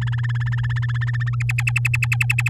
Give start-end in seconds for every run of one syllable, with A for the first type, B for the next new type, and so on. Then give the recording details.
0.01-1.35 A, 1.40-2.49 B. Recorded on 10 May 2018 at 15:28. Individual llb16